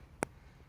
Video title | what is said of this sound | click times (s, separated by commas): HOW TO PUT TIRE CHAINS ON A 4-WHEELER | you just pull back on it back here you hear it click | 0.2 s